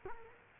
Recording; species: mosquito wingbeat signal from an infrared sensor; Culex quinquefasciatus